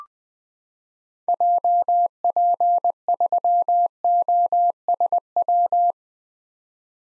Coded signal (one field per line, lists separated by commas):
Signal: Morse code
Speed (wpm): 21 wpm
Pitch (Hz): 700 Hz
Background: none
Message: JP3OSW